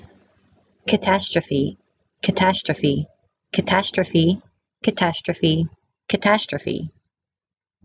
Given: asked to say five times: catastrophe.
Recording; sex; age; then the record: repeated word; female; 30 to 39 years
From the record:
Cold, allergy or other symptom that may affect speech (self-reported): no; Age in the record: 32 years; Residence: Pennsylvania, United States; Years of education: 12